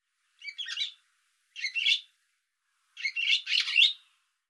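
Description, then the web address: Bird uttering three rasping chirp bursts, the last one longest and loudest. "cianscape birddata Deverinetal 2025"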